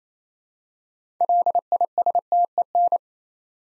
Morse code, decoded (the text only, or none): LISTEN